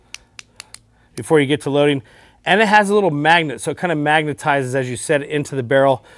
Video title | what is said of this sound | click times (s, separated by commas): The Umarex Emerge .22 Air Rifle - Walkthrough | you load the pellets up inside there you can index and move these around as it snaps into place | 0.1 s, 0.4 s, 0.6 s, 0.7 s